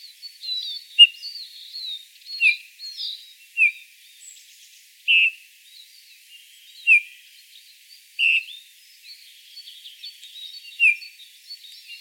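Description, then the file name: Eurasian bullfinch uttering soft falling piping calls at fairly regular intervals of one to three seconds, with faint high bird chatter continuing behind. "Pyrrhula pyrrhula"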